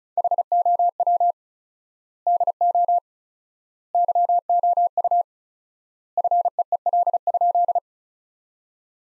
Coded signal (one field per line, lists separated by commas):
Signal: Morse code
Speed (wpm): 36 wpm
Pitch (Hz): 700 Hz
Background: none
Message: HOW DO YOU FEEL?